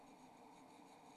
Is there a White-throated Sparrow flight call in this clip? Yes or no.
no